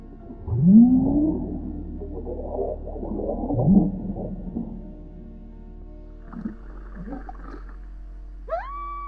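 Whale calls: two low upswept groans followed by rough grumbling, a pause, and then a sharp rising whistle-like whoop at the end.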